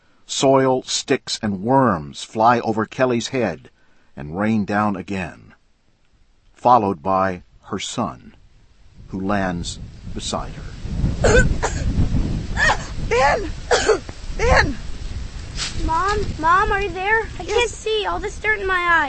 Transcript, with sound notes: Soil, sticks and worms fly over Kelly's head and rain down again -- followed by her son, who lands beside her.
(COUGHING, CHOKING) "Mom, Mom! Are you there? I can't see. All this dirt in my eyes."